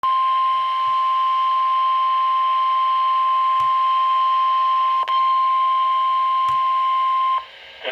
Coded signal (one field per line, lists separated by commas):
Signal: Emergency Alert System (SAME) tones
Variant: 1050 Hz attention tone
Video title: Severe Thunderstorm Warning [EAS #36] April 28 2020